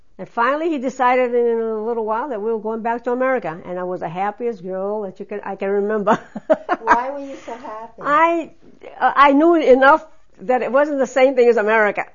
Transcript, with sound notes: And finally he decided in a little while that we were going back to America, and I was the happiest girl that you — I can remember! [Laughs]
Why were you so happy?
I, I knew enough that it wasn't the same place as America.